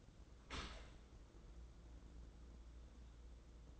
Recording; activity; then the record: daily activity, microphone in the room; open dishwasher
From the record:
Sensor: 3